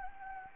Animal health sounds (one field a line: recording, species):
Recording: mosquito wingbeat signal from an infrared sensor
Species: Anopheles gambiae